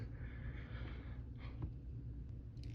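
A blender cup sits on the holes of its motor base and is handled as it is twisted toward a lock, over a steady low rumble with faint plastic rubbing and light taps. Nothing has seated or clicked yet; the cup is not yet locked onto the base when the clip ends.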